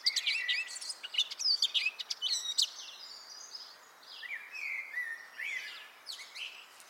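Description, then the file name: Eurasian blackcap song: a rapid, loud warble of jumbled chirps and whistles for nearly three seconds, then a softer, flowing twittering phrase. "Sylvia atricapilla"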